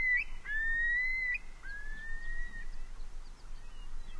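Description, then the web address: Long-billed curlew whistled call: a loud clear note gliding upward, then a fainter drawn-out whistle, with quiet background hiss. North America. "Know Your Bird Sounds Common Western Species 56-Long-billed Curlew"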